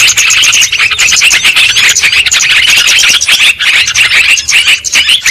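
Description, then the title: Lovebird chattering, busy high squeaky notes from several birds, continuing throughout with small dips in loudness. Lure sound (pikat) for trapping lovebirds. "PIKAT BURUNG LOVEBIRD"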